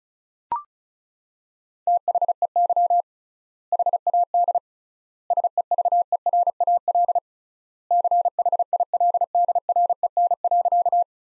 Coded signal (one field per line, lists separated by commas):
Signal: Morse code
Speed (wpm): 36 wpm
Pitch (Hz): 700 Hz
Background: none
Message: THEY HAD SEVERAL CHILDREN.